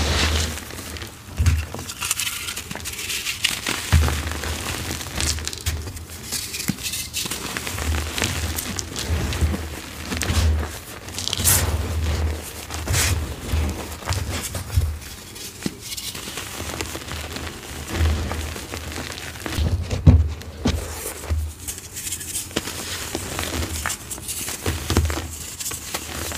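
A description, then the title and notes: Gym chalk is crushed and crumbled, a dense run of dry, crispy crackles and powdery crunches that never really stops. Sharper snaps break through every few seconds, around 4, 10, 16 and 20 seconds, over a low thudding of pressure. Satisfying pasted gym chalk crush + crispy, powdery gym chalk reforms, dyed chalk, fresh blocks.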